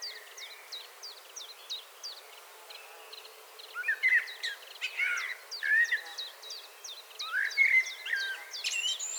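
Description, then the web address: Common blackbird giving mellow, whistled warbling phrases, loudest in the second half, over a run of sharp high chips. "SETE data Turdus merula 181122"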